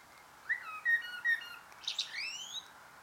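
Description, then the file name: Common blackbird with three clear short notes, then sharp high clicks and a long upward-sweeping note, over a soft hiss. "Turdus merula"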